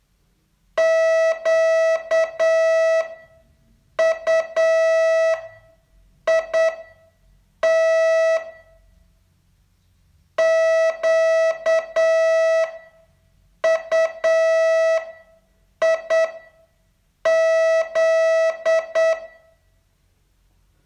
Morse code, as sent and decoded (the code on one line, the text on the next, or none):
--.- ..- .. - / --.- ..- .. --..
QUIT QUIZ